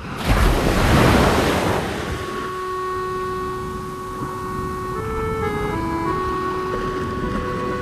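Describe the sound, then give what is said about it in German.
A loud rush of surf swells and breaks in the first two seconds, then settles into a steady wash of waves beneath sustained, gliding tones that shift pitch. “Das Meer. Immer wieder das Meer.”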